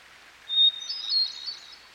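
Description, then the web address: Hermit thrush song phrase pitched high: a bright whistled opening note and then a quick, fading flurry of silvery notes, with a stream rushing in the background. By a stream. "Dan Gibson Songbirds By The Stream. Hermit Thrush"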